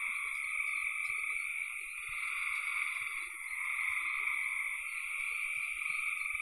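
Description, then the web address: Dense frog chorus, a continuous buzzing drone of many overlapping callers with faint clicks underneath. "cn frogs"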